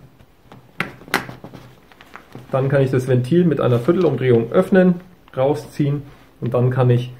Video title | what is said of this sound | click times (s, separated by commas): Wechsel Pump / Dry Bag | Einfach auf das Ventil aufstecken, bis es klickt. | 0.8 s, 1.1 s